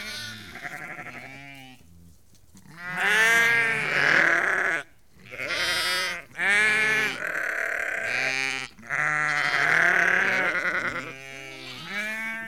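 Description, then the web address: Sheep bleating in a flock, overlapping wavering bleats of ewes and higher lambs, nearly continuous with short pauses, several calls layered at once. About 30-50 ewes and lambs calling; livestock. "The BBC Sound Effects Library. Ewes and Lambs Calling"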